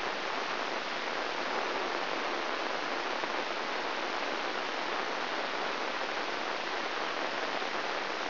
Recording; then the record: brain microelectrode recording played as sound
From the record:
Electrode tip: inside the subthalamic nucleus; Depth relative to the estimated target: 0 mm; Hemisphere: left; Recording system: AlphaMap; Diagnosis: Parkinson's disease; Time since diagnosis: 13 years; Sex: male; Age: 63 years